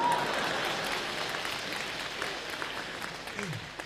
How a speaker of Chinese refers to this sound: 虽然今天到场的只有八九百位观众，但是我知道你们代表的是全国13亿人给我的掌声，所以在我的心里你们就是全国人大代表。